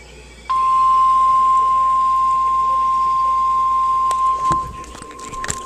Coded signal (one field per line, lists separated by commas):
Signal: Emergency Alert System (SAME) tones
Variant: 1050 Hz attention tone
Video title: REQUIRED WEEKLY TEST (EAS #7)